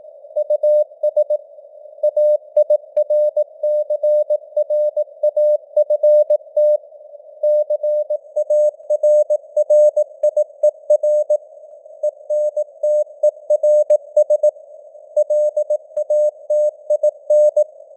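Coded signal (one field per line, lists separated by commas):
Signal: Morse code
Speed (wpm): 18 wpm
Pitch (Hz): 600 Hz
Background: none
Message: US AIRCRAFT CARRIER ENTERS LATIN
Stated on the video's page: Simulated Morse news headlines at 18 wpm with simulated radio noise and varying signal strength (QSB).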